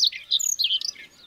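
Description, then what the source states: Siberian rubythroat song: quick squeaky warbles and twittering notes run together in a short, lively phrase. Recorded on Teuri Island, Hokkaido, Japan.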